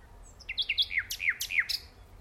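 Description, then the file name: Common nightingale song: a quick run of whistled notes slurring downward, with buzzy accents, delivered in a short burst over a quiet background. "Luscinia megarhynchos"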